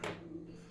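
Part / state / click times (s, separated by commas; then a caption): spring-loaded catch in a custom toy car's launch mechanism / released / 0.0 s. A spring-loaded catch in a custom toy car's self-launch mechanism is triggered. The mechanism is built from copper tube, sewing needles, phenolic board and pen springs, and was locked by pushing and turning the car. A short sharp hit sounds at 0.0 s as the latch releases, followed by a faint ringing tail.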